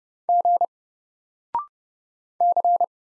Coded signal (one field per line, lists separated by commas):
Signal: Morse code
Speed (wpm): 30 wpm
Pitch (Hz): 700 Hz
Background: none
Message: G C